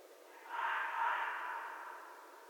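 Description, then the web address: Red fox producing one rough, breathy call that swells and fades over about a second and a half. Recorded on 11 January 2012. "Red Fox 2012 01 11 Red Fox long"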